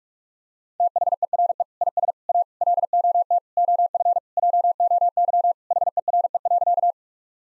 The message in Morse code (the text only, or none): THERE IS A LOT OF JOY HERE.